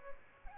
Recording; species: mosquito wingbeat signal from an infrared sensor; Aedes albopictus